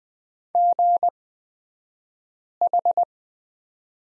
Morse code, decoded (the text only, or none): GH